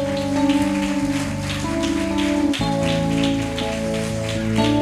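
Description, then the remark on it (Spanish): An audience at an Assemblies of God church service breaks into steady, dense applause for the King of Kings, a continuous crackling wash of clapping layered over sustained keyboard chords, with no talking. “Dele un aplauso al Rey de Reyes.”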